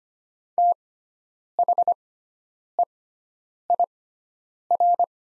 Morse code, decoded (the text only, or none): THEIR